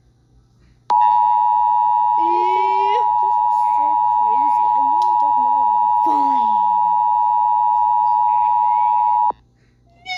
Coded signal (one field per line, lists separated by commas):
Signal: Emergency Alert System (SAME) tones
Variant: 853 and 960 Hz attention tone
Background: speech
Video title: eas tornado warning (not for kids)